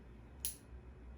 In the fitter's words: you hear that click